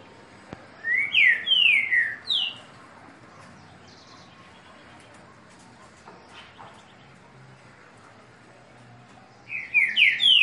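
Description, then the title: Green-winged saltator singing loud downslurred whistles in a short phrase of three or four notes, then a long quiet gap before the phrase starts again. "Canto De Trinca Ferro. TRINCA FERRO CANTANDO"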